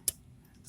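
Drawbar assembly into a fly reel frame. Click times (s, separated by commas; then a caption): 0.1 s. The metal drawbar assembly of an LX fly reel (the 3.6 size) is pushed into the reel frame with its pin lined up with the slot, giving one sharp, short snap at 0.1 s. Only faint low background noise follows, with a brief rise in hiss at the very end. The drawbar pops fully into place with no o-ring showing.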